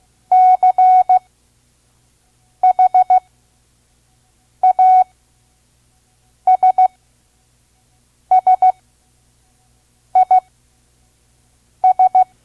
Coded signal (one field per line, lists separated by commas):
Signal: Morse code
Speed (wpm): 16 wpm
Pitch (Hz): 740 Hz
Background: none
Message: CHASSIS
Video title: Morse Code Course. Listen and Learn Part-1 (5 words per minute) Vintage ARRL Course